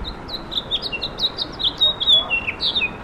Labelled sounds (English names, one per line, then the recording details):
House Finch song
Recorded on Long Island, New York, on 17 May 2012
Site AB
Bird B